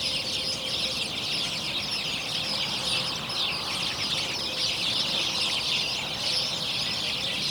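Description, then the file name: House sparrows chirping as a flock, a dense, continuous wash of overlapping high chirps with no pauses, plus a faint thin tone at times. "Passer domesticus"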